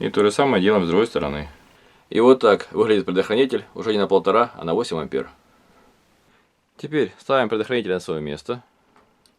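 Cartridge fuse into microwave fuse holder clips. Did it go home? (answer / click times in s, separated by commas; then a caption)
no / none. Someone talks while a replacement 8 A glass cartridge fuse is carefully pressed back into its clip holder inside a microwave that won't turn on, handled gently so it doesn't break. Near the end, at about 9.0 s and 9.3 s, two faint small ticks are heard. Nothing has seated or clicked into place yet.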